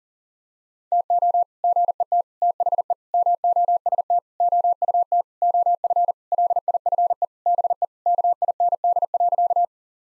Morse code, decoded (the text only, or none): TO GET THE MOST OUT OF LIFE BE KIND.